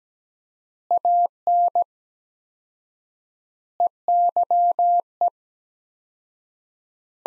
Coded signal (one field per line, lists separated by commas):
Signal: Morse code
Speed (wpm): 17 wpm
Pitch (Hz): 700 Hz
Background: none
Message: AN EYE